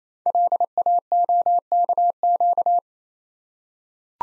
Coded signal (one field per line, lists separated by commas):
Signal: Morse code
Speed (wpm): 27 wpm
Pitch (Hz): 700 Hz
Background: none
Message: LAOKQ